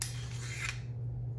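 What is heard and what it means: A thumb magazine-release button is pressed on a Beretta 92A1 pistol, and the steel magazine unlatches from the grip and comes out of the handgun's magazine well with a sharp click at 0.0 s, called simple. A steady low hum and a fading high hiss continue for the rest of the clip, and the magazine is released.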